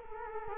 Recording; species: mosquito wingbeat signal from an infrared sensor; Culex quinquefasciatus